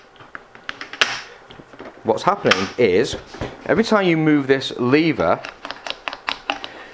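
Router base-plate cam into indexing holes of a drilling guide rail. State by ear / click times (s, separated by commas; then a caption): seated / 0.7 s, 1.0 s. A Festool LR 32 system router is slotted onto a shelf-pin drilling rail, and working the lever moves a cam on the base plate that clicks into the rail's row of 32 mm spaced holes. Sharp clicks land at 0.7 s and 1.0 s, showing the cam seated in an indexing hole, and more light taps follow near the end. Someone talks in between.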